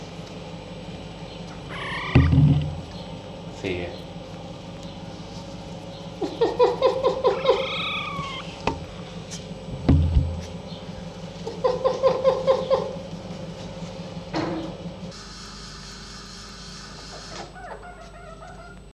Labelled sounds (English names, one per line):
Red Fox